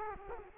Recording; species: mosquito wingbeat signal from an infrared sensor; Culex quinquefasciatus